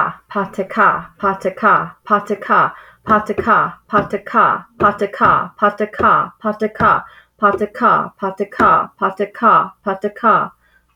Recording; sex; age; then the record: repeated syllables /pa ta ka/; female; 30 to 39 years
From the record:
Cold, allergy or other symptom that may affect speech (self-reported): no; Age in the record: 31 years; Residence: Kentucky, United States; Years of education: 12